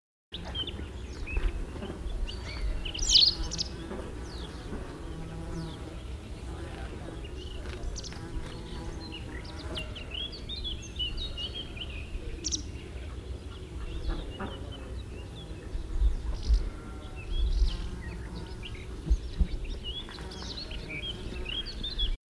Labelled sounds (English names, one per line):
White Wagtail song